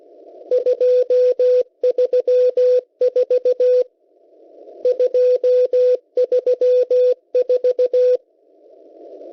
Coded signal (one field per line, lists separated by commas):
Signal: Morse code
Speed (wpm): 16 wpm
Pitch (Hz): 500 Hz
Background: radio noise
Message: 234 234